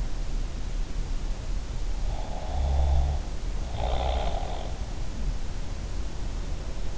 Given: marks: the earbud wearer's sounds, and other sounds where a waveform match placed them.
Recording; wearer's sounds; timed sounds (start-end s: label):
sounds in sleep by an in-ear microphone; snoring breath
2.10-4.69 s: snoring breath